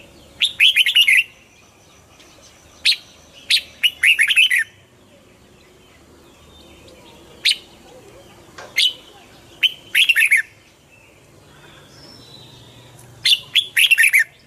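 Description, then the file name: Red-whiskered bulbul song: loud, bright, slurred phrases of several notes, repeated every few seconds with short pauses between. Red-whiskered bulbul of the Hue strain, singing in the double-voice song style (giong kep). "Tieng chao mao hue hot giong kep"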